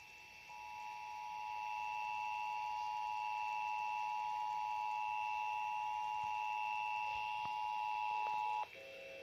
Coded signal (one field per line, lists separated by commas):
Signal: Emergency Alert System (SAME) tones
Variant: 853 and 960 Hz attention tone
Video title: 2021 National Periodic Test (EAS #11)